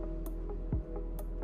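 A camera lens is lined up with the red dot on the camera body and turned clockwise toward its bayonet mount, over steady background music with several short ticks and a low thump near 0.8 s. Nothing has seated or clicked yet; the lens is still being handled and has not locked into the mount.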